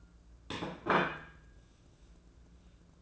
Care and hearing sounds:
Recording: daily activity, microphone in the room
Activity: place plate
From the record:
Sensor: 2

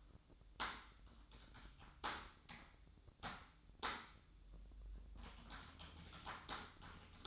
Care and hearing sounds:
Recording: daily activity, microphone in the room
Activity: typing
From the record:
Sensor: 3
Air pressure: 1007.6 hPa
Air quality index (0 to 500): 60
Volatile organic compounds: 1 ppm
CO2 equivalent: 611 ppm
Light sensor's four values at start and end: 11/26/11/11 and 11/26/11/11

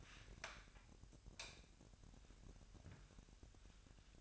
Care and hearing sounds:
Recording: daily activity, microphone in the room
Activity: light on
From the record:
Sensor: 2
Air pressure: 1011.8 hPa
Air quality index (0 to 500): 216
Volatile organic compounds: 3 ppm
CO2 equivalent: 1518 ppm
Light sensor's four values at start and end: 11/25/11/11 and 15/42/17/17

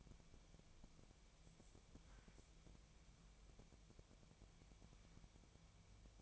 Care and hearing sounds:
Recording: daily activity, microphone in the room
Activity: wipe stove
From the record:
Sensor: 1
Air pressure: 1000.5 hPa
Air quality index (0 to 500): 184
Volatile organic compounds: 4 ppm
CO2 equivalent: 1694 ppm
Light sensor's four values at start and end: 14/33/14/16 and 14/33/14/16

